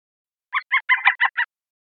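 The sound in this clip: Canada jay giving a quick run of six harsh, scratchy notes in about one second.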